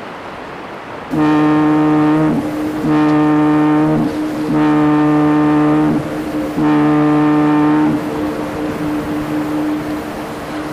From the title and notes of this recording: Background sound "North Sea at Night at Farnoe/Denmark" by pulswelle. Generated sound of Mew Island foghorn in Audacity.